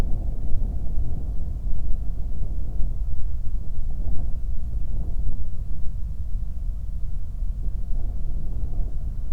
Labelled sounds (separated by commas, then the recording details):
wind
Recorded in the Prudhoe Bay oil fields, Alaska, on 8 July 2019 at 00:44
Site 25